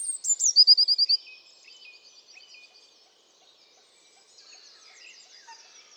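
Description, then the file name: Eurasian blue tit song opening with a high sliding note into a fast, even trill of several bright notes, then softer bird twittering. "Cyanistes caeruleus"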